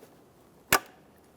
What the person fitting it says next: listen for a click make sure that's secured